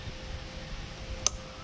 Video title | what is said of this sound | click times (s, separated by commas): Mercury 175-300hp V6 V8 Water Strainer-Filter EASY Inspection Cleaning | there he is snapped in place bam | 1.3 s